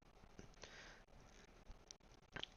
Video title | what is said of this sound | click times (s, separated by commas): VIDEO REVIEW: SH Figuarts - Dragonball Daima: Vegeta | push push very firmly until you feel or hear a snap. | 1.9 s, 2.4 s